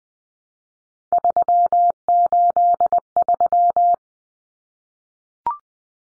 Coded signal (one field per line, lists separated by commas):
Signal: Morse code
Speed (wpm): 20 wpm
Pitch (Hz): 700 Hz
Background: none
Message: 383